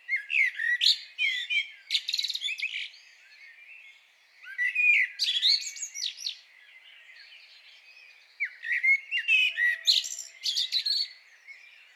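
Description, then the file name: Common blackbird producing three distinct strophes, each a fluted warble trailing into rapid high twitters, with quiet pauses between them. "Turdus merula"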